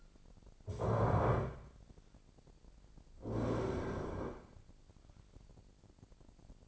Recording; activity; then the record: daily activity, microphone in the room; stand up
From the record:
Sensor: 5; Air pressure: 1009.3 hPa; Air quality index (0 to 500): 152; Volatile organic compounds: 2 ppm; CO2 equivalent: 1173 ppm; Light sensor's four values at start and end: 231/553/234/254 and 231/554/235/255